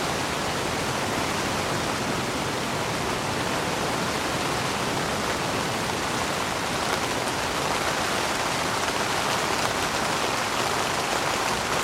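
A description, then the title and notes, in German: Gentle rain patters steadily on a tent canopy, a dense, even hiss of countless small drops overhead. The sound stays level throughout, bright and fine-grained, with a soft low rumble underneath and occasional slightly louder taps near the end. Sanfter Regen auf dem Zelt. Das sanfte Prasseln des Regens auf der Zeltplane. Dieses sanfte Regengeräusch, aufgenommen in hochwertigem 3D-Audio.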